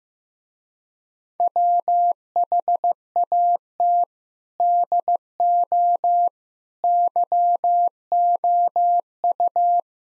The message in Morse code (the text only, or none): WHAT DO YOU